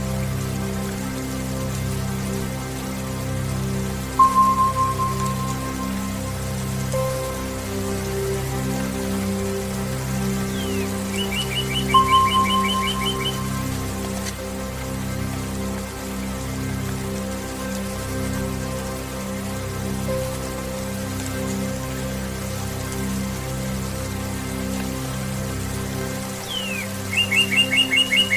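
Soft, steady meditation music drones beneath a constant hiss of rain, while brief bird whistles and quick trills sound at about 4, 12 and 27 seconds.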